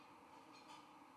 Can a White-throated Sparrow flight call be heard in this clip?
no